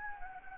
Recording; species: mosquito wingbeat signal from an infrared sensor; Anopheles gambiae